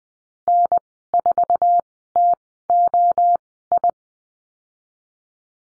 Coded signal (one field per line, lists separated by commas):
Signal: Morse code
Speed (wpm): 20 wpm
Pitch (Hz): 700 Hz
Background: none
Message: N4TOI